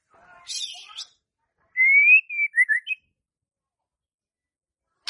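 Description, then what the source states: White-rumped shama song: a brief burst of high scratchy notes, then a clear rising whistle followed by quick looping whistled notes. Lure for a stressed murai batu (shama) that has stopped singing (stres, macet).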